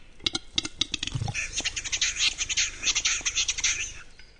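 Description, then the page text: Western capercaillie song: a few sharp dry clicks speeding up, then a hissing, scraping phrase of rapid grating notes lasting about three seconds. Capercaillie song; a phase of clicking, with clicks merging into one sound lasting 1–3 seconds, between the tapping and twittering phases. "Первый глухарь. Форум Питерского Охотника. Петруччо. Между "тэканьем" и "щебетанием" присутствует еще одна фаза-теканье,щелчки,сливаются в один звук,продолжительностью 1-3сек"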